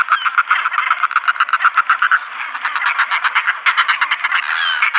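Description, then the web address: Northern Fulmar cackling call: harsh, croaking pulses repeated rapidly in a steady run of grating chatter. "Schulze Peter Northern Fulmar"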